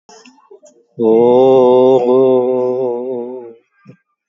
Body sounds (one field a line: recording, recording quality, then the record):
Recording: sustained vowel as in boot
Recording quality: excellent, no background noise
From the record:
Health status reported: recovered from COVID-19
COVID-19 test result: positive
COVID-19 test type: RT-PCR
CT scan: taken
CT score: 12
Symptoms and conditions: none ticked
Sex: male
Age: 38 years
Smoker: no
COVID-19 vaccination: none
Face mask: not worn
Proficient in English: yes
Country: India